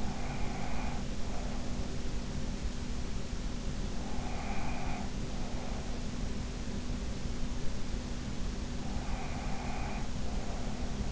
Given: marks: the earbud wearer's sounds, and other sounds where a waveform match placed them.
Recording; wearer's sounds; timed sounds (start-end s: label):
sounds in sleep by an in-ear microphone; breath
0.00-1.90 s: breath
4.05-5.98 s: breath
8.74-11.12 s: breath